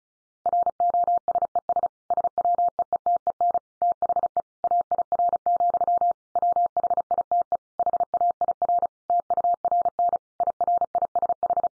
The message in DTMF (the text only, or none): none